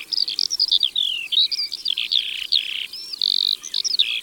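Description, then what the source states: Eurasian skylark song, a rapid, nearly unbroken stream of high chirps, trills and slurred whistles. Sings while flying over meadows, turning and wheeling in the sky beating its wings, singing very fast and long, up to 10 minutes without stopping.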